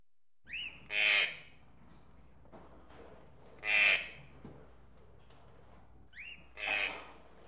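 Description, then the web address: Tropical birds giving three loud, harsh squawks about three seconds apart, two of them led by a short rising whistle, over a faint low hum. Various tropical birds in a pet shop. "birds various tropical birds in a pet shop animal ambience"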